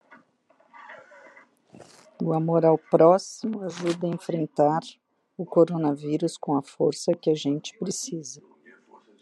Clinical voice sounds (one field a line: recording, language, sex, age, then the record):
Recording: spoken sentence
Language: Brazilian Portuguese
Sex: female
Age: 50 to 59 years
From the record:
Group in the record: control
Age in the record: 59 years